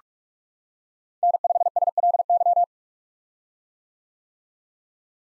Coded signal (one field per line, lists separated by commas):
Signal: Morse code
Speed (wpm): 46 wpm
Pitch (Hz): 700 Hz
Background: none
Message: N5SLY